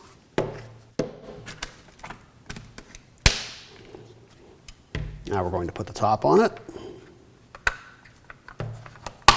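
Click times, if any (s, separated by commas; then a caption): 9.3 s. A plastic top cap is pressed onto the water panel assembly of an AprilAire humidifier during installation of a 350360MAINTKIT maintenance kit. Someone talks over a series of taps and knocks, and the top snaps into place with a loud click at 9.3 s, leaving the assembly seated.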